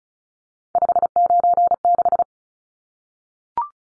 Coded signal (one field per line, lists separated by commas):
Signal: Morse code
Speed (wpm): 34 wpm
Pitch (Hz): 700 Hz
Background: none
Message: 596